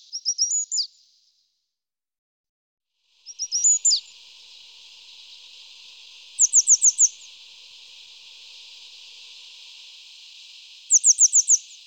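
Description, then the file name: Grey wagtail calls, bursts of several sharp, high, clipped notes at intervals, with a steady hiss in the background between the later bursts. "Gebirgsstelze"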